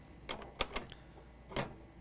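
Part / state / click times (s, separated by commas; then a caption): polarizer accessory into polarizer drive mount of a spectrophotometer / not seated / none. A polarizer accessory is handled onto the polarizer drive mount in the sample compartment of a Lambda 1050+ spectrophotometer, where it rests in a groove. Several small clicks and knocks occur at about 0.3, 0.6, 0.8, 0.9 and 1.6 seconds. Nothing has seated or snapped into place yet.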